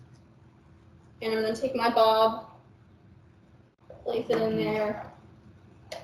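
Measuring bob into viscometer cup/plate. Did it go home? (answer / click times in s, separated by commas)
yes / 5.9 s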